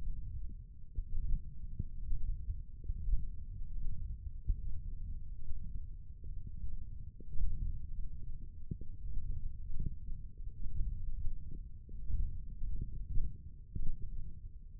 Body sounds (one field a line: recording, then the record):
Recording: forearm muscle sounds (acoustic myography)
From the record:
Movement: wrist extension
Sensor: system 1, eight BSWA MPA416 microphones around the upper forearm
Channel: 2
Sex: male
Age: 21 years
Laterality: right